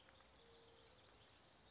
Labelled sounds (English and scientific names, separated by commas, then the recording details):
California Towhee (Melozone crissalis)
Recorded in Sonoma County, California